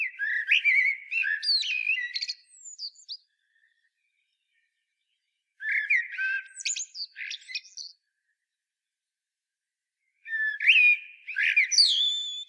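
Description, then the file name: Common blackbird song in three phrases, each of rich whistled notes followed by high twittering squeaks, spaced by silences of about two to three seconds; quiet background. "Turdus merula"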